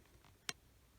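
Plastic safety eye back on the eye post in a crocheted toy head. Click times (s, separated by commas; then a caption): 0.5 s. A plastic locking back is pushed onto the shank of a plastic safety eye inside a crocheted amigurumi toy head. A faint soft rustle comes at 0.2 s, then one sharp, bright click at 0.5 s as the back snaps onto the eye post and seats.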